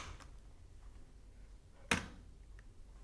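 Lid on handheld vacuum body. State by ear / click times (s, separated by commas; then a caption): seated / 1.9 s. The plastic bin lid on a Dyson V8 handheld stick vacuum body is closed after the cyclone has been refitted during a battery replacement. A single strong, sharp snap is heard at 1.9 s against a quiet background, followed by a faint small tick, and the lid is seated shut.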